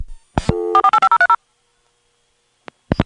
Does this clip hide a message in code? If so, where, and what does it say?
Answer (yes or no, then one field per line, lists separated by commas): yes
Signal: DTMF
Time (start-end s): 0.7-1.4 s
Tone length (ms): 80 ms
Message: 485030